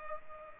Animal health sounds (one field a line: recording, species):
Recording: mosquito wingbeat signal from an infrared sensor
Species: Culex pipiens